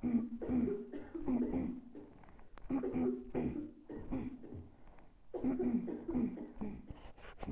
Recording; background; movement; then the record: throat clearing; a bystander coughing; sitting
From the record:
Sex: female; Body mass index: 22.6 kg/m2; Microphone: on the chest, facing the body